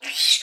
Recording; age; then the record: pig call; piglet (1 to 25 days)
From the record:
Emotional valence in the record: negative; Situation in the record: restrain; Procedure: in the arms of a person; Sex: female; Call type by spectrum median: high-frequency call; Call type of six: high-frequency stable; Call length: 0.44 s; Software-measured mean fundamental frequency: 187 Hz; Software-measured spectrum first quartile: 3761 Hz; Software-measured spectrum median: 4294 Hz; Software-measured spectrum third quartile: 6177 Hz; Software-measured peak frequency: 3874 Hz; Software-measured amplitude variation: 163 dB a second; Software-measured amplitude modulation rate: 12.6 a second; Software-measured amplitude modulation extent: 13.0 dB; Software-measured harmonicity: 3.4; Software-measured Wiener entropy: -2.24